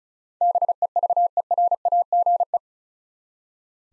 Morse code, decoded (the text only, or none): BEVERAGE